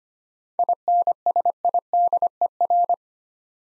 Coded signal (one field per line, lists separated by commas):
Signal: Morse code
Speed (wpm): 25 wpm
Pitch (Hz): 700 Hz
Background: none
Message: INSIDER